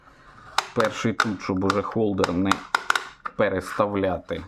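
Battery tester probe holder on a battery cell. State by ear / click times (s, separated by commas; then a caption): seated / 0.6 s. The plastic original probe holder of a Fnirsi HRM-10 battery tester is placed on the first battery cell for a resistance measurement, and a single sharp hit sounds at 0.6 s. Someone talks over and after it. The holder locks in properly and sits flat on the cell.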